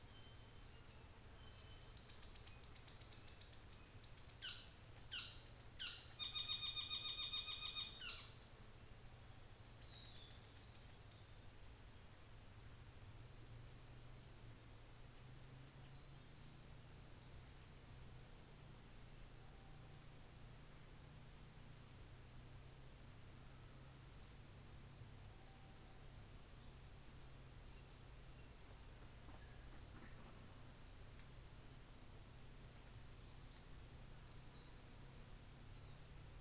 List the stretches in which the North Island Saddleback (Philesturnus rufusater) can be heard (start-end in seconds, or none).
4.27-8.46